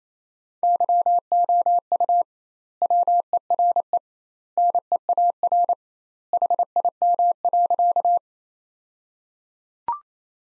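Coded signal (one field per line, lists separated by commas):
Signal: Morse code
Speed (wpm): 28 wpm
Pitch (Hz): 700 Hz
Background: none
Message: YOU WERE NEAR HIM.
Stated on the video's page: Morse practice sentences from the top 200 words at 28 wpm with double standard word spacing, a Farnsworth-like method applied to words.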